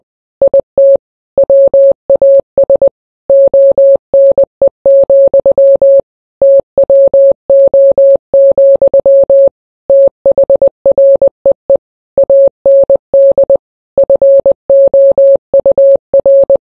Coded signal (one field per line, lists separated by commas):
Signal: Morse code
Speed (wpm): 20 wpm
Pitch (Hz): 550 Hz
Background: none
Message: IT WAS ONE, TWO, THREE AND FOUR